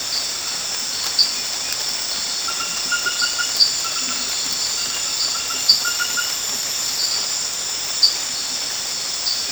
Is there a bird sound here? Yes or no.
no